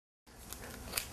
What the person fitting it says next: the bulb socket just snaps in like that and that holds it into place